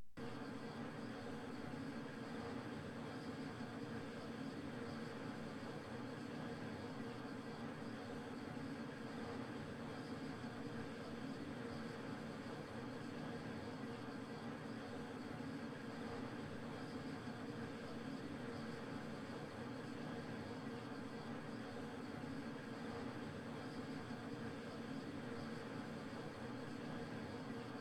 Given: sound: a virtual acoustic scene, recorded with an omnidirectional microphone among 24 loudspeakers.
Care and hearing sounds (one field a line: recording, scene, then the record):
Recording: noise of the scene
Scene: olnoise from 0 degrees (S0N0)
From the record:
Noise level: 65 dB SPL